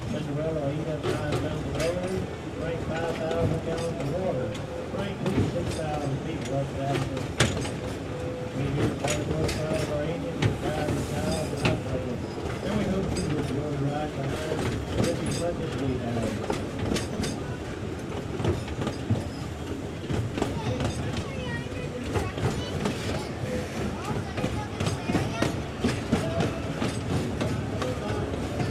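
A 1930s steam locomotive runs steadily, its low rumble filling the bottom end while sharp clicks and knocks from the wheels repeat throughout at a fairly quick, uneven pace. Voices seem to murmur underneath, and the overall level stays constant for the whole stretch.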